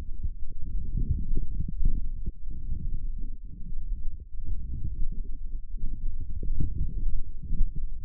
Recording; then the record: forearm muscle sounds (acoustic myography)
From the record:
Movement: forearm supination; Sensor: system 1, eight BSWA MPA416 microphones around the upper forearm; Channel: 8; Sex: male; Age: 20 years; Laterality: left